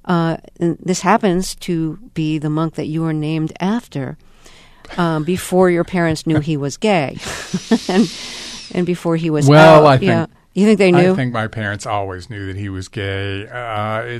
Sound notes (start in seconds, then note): 4.9 laughter; 7.1 laughter